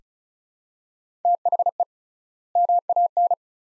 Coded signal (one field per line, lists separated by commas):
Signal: Morse code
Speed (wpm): 36 wpm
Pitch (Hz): 700 Hz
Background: none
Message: THE MAN